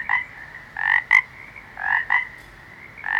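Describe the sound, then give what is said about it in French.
Frogs and toads croak in repeated bursts over a steady background trill, the calls coming in an uneven rhythm of short, mid-pitched pulses with brief pauses between them. “Oui, les crapauds et les grenouilles sont vivants. Vivants, vous entendez?”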